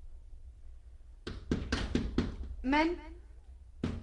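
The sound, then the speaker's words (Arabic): A quick, steady run of about five sharp knocks on a door, then a single voice calls out a short question, and one more knock follows. “انتظر يا من تطرق الباب.”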